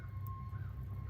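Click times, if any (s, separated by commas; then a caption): none. A wire terminal is fed down into a new VW coil pack connector housing with a screwdriver, as part of replacing the connectors to fix a random misfire. A steady low hum and a faint steady tone run throughout, with one brief, faint high-pitched tick at 0.3 s. Nothing has seated or clicked yet.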